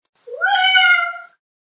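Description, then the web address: Cat meowing once, a clear drawn-out meow lasting about a second that rises briefly and then holds steady before fading, with no other sounds. "SFXSource. Cat Meow 4"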